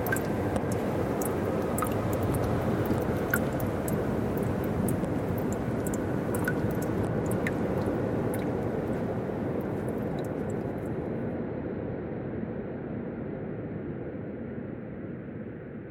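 A dense, steady roar of shoreline wind fills the recording, heavy in the low and middle range and holding level throughout. Brief glitchy clicks and bright crackles flicker across the top early on, then the highs drop away after about eleven seconds, leaving a duller, filtered rush.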